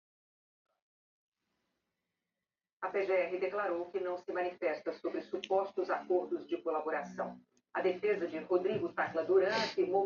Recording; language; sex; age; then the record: short text; Brazilian Portuguese; male; 50 to 59 years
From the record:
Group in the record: control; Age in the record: 55 years